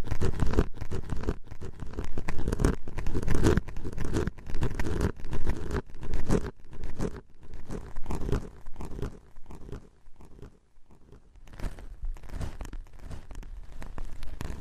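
Quick tapping and scratching sounds, dense and busy for most of the clip, with rough, crunchy strokes that sometimes sound like tearing. Bursts come several times a second, thinning out around ten seconds into a brief near-silence before the scratching picks up again.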